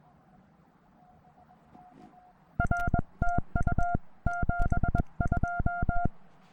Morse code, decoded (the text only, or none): R TU 72